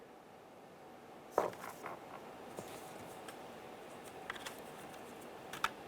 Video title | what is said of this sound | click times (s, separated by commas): How to Replace Front Exterior Door Handle 2005-2010 Chevy Cobalt | give it a little click give them a tug as you go | 1.4 s, 5.6 s